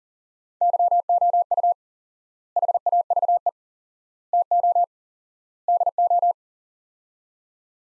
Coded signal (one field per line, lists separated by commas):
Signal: Morse code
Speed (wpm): 40 wpm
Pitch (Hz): 700 Hz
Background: none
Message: YOU HAVE TO DO